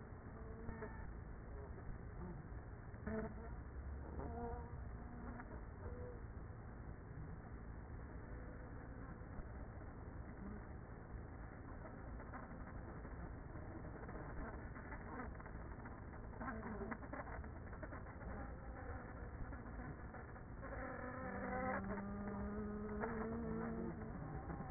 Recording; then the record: honeybee colony, microphone inside the hive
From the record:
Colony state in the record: queenless with a low population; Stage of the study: after two queens were removed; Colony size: about 30,000 bees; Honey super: no